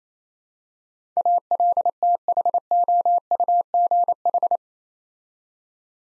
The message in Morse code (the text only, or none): ALTHOUGH